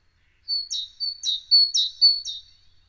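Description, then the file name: Great tit song: a rhythmic series of paired notes, a sharp high note followed by a longer lower whistle, repeated about four times in quick succession. "Parus major"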